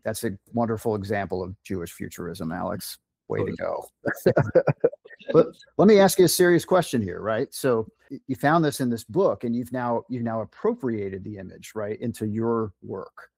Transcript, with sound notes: That’s awonderful example of Jewish futurism, Alex. Way to go. [laughter] Let me ask you a serious question here. Right. So, you found this in this book and you’ve now you now appropriated theimage, right, into your work.